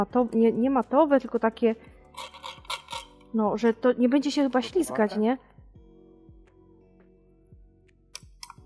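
Someone talks while testing a STRONG90 electric nail drill from AliExpress, then a quiet pause follows with faint small knocks. A plastic part of the drill is pushed on and snaps home with a sharp click at 8.4 s, seating it in place.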